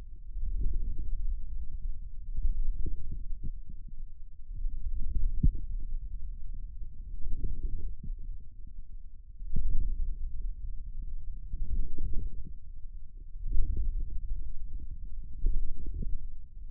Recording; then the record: forearm muscle sounds (acoustic myography)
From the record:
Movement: radial deviation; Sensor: system 2, bracelet of six BSWA MPA416 microphones around the upper forearm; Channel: 6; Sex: male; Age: 22 years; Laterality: right